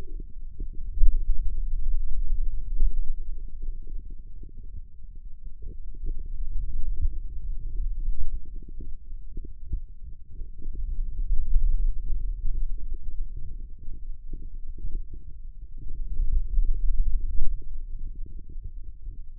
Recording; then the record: forearm muscle sounds (acoustic myography)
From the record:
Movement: finger pinch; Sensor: system 2, bracelet of six BSWA MPA416 microphones around the upper forearm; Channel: 6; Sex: male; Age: 22 years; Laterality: right